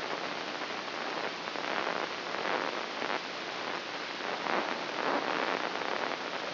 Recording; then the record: brain microelectrode recording played as sound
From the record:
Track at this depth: inside the subthalamic nucleus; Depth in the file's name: 1.131 mm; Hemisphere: right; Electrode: 3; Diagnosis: Parkinson's disease